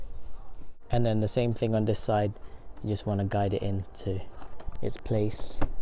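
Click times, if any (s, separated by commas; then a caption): none. Someone talks while the plastic fairing panel on the second side of a Yamaha XMAX 300 scooter's front body is guided toward its place to be clipped on, with faint handling sounds in the background. The clip ends just before the panel goes home, so nothing has seated or clicked yet.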